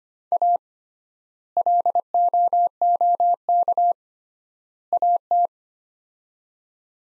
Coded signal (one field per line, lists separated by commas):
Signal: Morse code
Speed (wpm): 25 wpm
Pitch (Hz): 700 Hz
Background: none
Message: A LOOK AT